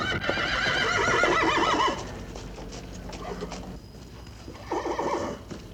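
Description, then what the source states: Horse whinny, a loud quavering harmonic neigh for two seconds, a quieter rustling pause, then a shorter trembling whinny near the end. Horses snorting.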